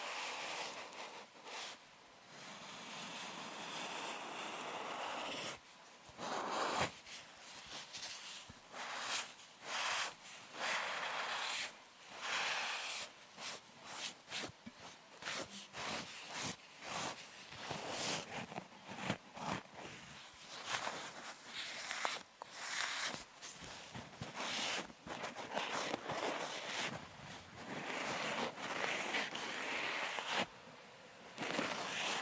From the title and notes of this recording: Binaural Triggers. Mic Tapping + Touching + Scratching.